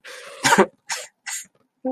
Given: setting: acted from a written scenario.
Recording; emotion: vocal sound without words; sadness